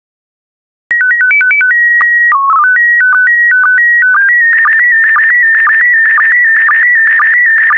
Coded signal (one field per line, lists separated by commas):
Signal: SSTV (slow-scan television)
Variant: PD 120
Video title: 26023 Lakes and Rivers SSTV PD120